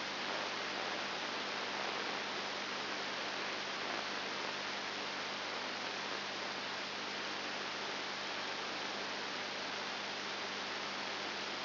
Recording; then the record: brain microelectrode recording played as sound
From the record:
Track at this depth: outside the subthalamic nucleus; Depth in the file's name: 5.7 mm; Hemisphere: left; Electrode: 2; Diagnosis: Parkinson's disease